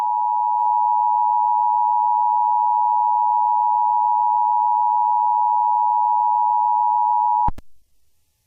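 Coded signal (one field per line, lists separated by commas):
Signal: Emergency Alert System (SAME) tones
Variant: 853 and 960 Hz attention tone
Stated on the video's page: Fictional EAS scenario, not a real alert.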